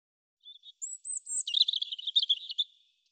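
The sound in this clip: European robin song, faint thin notes opening into a high sustained whistle and a fast, dense tumbling trill of sweet twittering notes.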